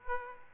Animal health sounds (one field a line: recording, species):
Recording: mosquito wingbeat signal from an infrared sensor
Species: Aedes aegypti